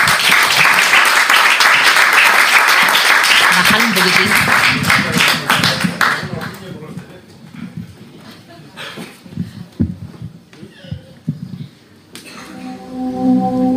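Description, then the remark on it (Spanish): An audience at Fueguitos en la Caverna breaks into loud, dense applause for a storyteller about to tell a micro story, holding for several seconds, then thinning into scattered claps and fading before a steady tonal sound starts at the end. “Bueno, pues un fuerte aplauso para”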